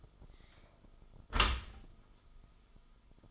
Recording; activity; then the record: daily activity, microphone in the room; close dishwasher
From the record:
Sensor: 5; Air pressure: 1004.7 hPa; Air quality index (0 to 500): 92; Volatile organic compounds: 2 ppm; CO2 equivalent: 1108 ppm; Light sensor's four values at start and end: 32/74/30/30 and 33/75/30/30